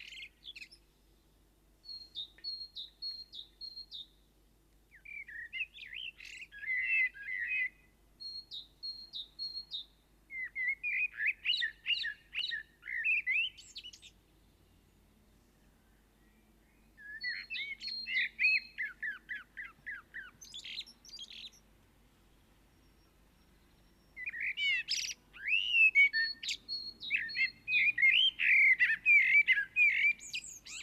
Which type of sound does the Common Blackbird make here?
song